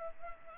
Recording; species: mosquito wingbeat signal from an infrared sensor; Culex pipiens